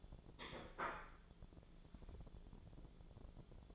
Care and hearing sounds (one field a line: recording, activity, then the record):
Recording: daily activity, microphone in the room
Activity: place plate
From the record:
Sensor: 5